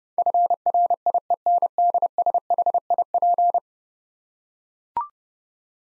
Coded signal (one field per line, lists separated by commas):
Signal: Morse code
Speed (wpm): 30 wpm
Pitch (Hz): 700 Hz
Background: none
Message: FRIENDSHIP